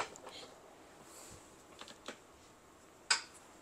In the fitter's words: ఇక్కడ లాక్ అయిపోతుంది ఎక్కడ కావాలంటే అక్కడ లాక్ చేసుకోవచ్చు ఎనీ లాక్ పొజిషన్ కూడా ఉంటుంది ఓకే